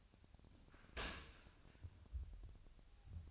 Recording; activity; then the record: daily activity, microphone in the room; open dishwasher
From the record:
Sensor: 2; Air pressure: 1003.0 hPa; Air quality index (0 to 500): 199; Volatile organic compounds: 6 ppm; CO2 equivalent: 1885 ppm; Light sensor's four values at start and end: 23/55/24/27 and 23/55/24/27